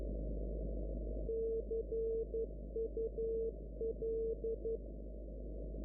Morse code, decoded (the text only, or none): CUL